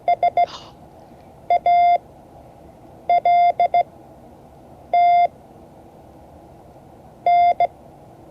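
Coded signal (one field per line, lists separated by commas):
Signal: Morse code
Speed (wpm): 16 wpm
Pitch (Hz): 700 Hz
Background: none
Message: SALTN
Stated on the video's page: Morse code class lesson, session 5 of 12.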